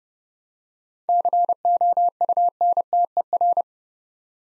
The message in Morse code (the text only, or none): COUNTER